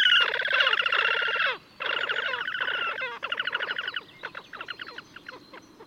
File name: Krasnoshejnaya poganka - lat Podiceps auritus Patrik berg